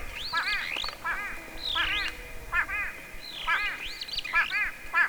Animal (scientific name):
Lamprotornis superbus